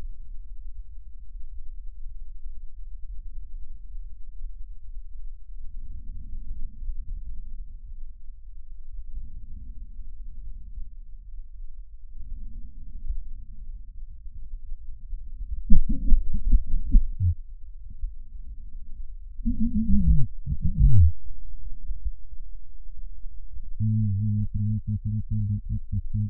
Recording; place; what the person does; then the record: lung sounds by stethoscope; right posterior apical chest; quiet breathing, then cough and speech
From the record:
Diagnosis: none (healthy); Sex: male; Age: 45 years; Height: 173 cm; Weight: 92 kg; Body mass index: 30.7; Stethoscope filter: bell mode